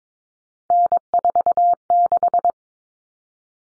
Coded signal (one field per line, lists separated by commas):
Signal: Morse code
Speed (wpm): 22 wpm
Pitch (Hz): 700 Hz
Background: none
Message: N46